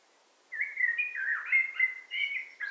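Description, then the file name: Eurasian blackbird singing a smooth, continuous phrase of mellow fluted notes that wavers up and down over about two seconds. "Turdus merula"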